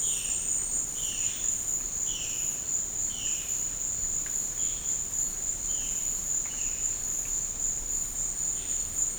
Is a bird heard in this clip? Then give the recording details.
yes. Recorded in secondary vegetation near Puerto Asís, Putumayo, Colombia, on 13 March 2025 at 14:30. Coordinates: 0.502, -76.326. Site G100